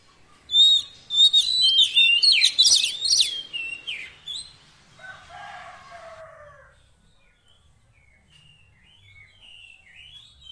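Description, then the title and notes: Oriental magpie-robin gives a loud jumble of whistles and scratchy notes for about four seconds, followed by softer, lower warbled phrases and quiet whistles. Long-duration fill-in (isian) song meant to make a kacer sing vigorously (gacor) day and night. "Kacer Jadi Gacor Siang Malam. Isian Kacer Durasi Panjang"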